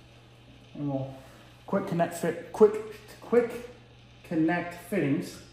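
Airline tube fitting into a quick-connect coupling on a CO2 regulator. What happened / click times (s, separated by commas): Handled, not yet home: airline quick-connect fitting not yet seated / none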